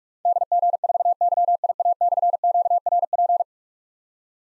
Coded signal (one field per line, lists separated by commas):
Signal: Morse code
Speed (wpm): 45 wpm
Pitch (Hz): 700 Hz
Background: none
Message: DG4YIA/QRP